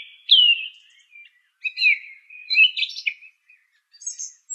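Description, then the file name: Song thrush song: a loud falling whistle followed by varied warbling phrases and high squeaky notes. "suara kicauan burung song thrush. omkicau"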